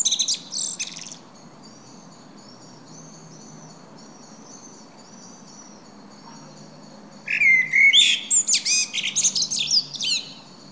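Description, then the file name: Common blackbird: a squeaky burst, then a quiet pause, then a mellow warbled phrase ending in rapid high twittering. "Turdus merula"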